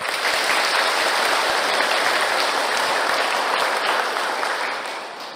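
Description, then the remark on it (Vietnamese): An audience at a Buddhist dharma talk at a pagoda applauds steadily, a dense, even patter of many hands clapping at once that holds strong throughout and tapers slightly at the end. “chúng ta cho một tràng pháo tay cho bạn Kỳ”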